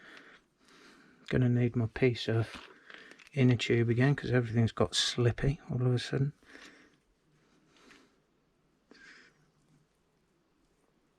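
Someone talks while gripping and twisting the slippery metal air can onto the body of a RockShox Monarch Plus RC3 rear shock, using a piece of inner tube for grip because everything has become slippy. After the talking, faint handling scuffs are heard around 7.8 s and 8.9 s, but the air can has not clicked or seated yet.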